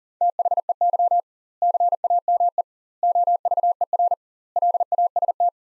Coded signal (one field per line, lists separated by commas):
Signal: Morse code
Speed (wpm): 40 wpm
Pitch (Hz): 700 Hz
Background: none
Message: THEY CAME OVER LAST